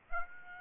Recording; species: mosquito wingbeat signal from an infrared sensor; Aedes aegypti